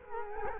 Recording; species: mosquito wingbeat signal from an infrared sensor; Culex quinquefasciatus